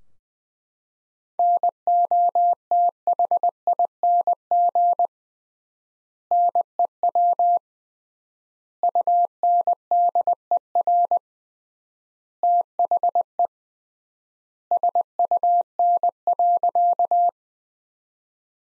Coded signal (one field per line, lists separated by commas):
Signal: Morse code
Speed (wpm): 21 wpm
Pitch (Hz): 700 Hz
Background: none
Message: NOTHING NEW UNDER THE SUN.